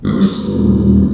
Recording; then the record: squeal of a Yucatan mini pig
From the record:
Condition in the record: after surgery on the right vocal fold (resection and tissue-engineered implant); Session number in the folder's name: 13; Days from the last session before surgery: 113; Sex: female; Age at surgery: 19 weeks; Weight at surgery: 25 kg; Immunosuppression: prednisolone